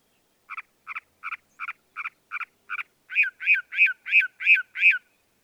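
Northern mockingbird song: a double-noted syllable repeated seven times, then a switch to a louder, fuller note repeated six times at a steady pace.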